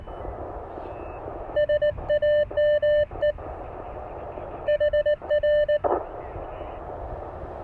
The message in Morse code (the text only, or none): SAME HR